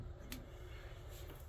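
A replacement Moen 1222 plastic and brass shower valve cartridge is pushed by hand, with no tools, all the way into the valve body to fix a dripping shower. A single short thud is heard at 0.3 s against a low steady background as the cartridge seats home.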